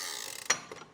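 A release piston is pressed on the ratcheting wheel hold-down arm of a Kuat Piston Pro 2 hitch bike rack tray, test fit on a 2022 Ford Edge. A faint rattle of ratchet ticks leads into a sharp click at 0.5 s as the pawl lets go, followed by a softer tick. The arm is released, and it pops right up with one hand.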